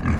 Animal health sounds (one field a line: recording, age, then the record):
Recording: pig call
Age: growing-finishing pig (85 days or more)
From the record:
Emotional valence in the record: positive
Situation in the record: enriched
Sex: female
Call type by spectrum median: low-frequency call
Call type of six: low-frequency modulated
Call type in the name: low-frequency modulated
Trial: 4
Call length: 0.19 s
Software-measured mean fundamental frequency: 42 Hz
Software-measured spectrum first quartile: 109 Hz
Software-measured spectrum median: 234 Hz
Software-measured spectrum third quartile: 825 Hz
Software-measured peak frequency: 86 Hz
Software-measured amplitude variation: 129 dB a second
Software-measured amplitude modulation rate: 18.1 a second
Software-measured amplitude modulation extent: 7.1 dB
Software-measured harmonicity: -0.3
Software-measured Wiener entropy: -1.67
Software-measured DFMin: 669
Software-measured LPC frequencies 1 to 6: 1161, 1699, 2292, 3875, 4640, 5328 Hz